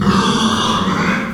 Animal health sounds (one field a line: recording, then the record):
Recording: squeal of a Yucatan mini pig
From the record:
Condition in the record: after surgery on the right vocal fold (resection and tissue-engineered implant)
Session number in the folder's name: 17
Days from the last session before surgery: 195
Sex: female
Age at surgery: 19 weeks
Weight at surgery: 25 kg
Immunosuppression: prednisolone